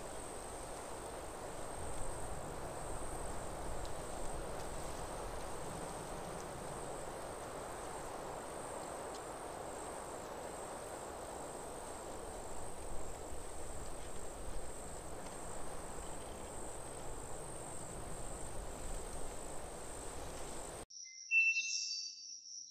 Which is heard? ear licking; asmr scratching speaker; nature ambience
nature ambience